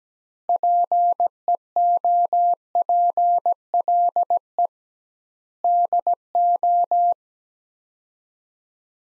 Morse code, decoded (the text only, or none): PEOPLE DO